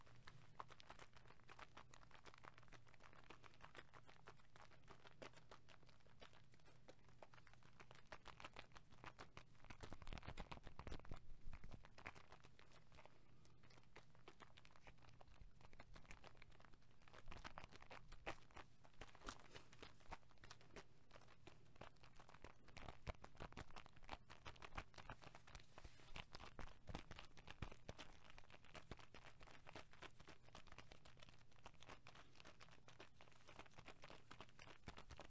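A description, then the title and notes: Liquid is shaken in a continuous, dense stream of rapid sloshing and crackling splashes, bright. The level stays even throughout, with a heavier, louder burst around 10 to 12 seconds. A steady low hum sits underneath the whole time. ASMR Liquid Shaking Heaven.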